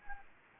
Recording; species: mosquito wingbeat signal from an infrared sensor; Anopheles gambiae